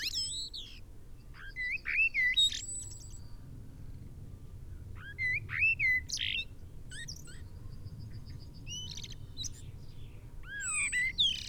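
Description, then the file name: Common blackbird song in spaced phrases mixing mellow swooping whistles and high jumbled twitters, quiet gaps between, low steady rumble behind. "Turdus merula"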